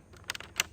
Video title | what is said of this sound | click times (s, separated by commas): The New & Improved SIMPLKOMB Honey System is so Easy to Use! | And once again, you just snap it in. You'll hear it click, click, | 0.3 s, 0.6 s